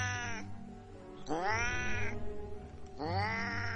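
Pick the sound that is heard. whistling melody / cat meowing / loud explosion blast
cat meowing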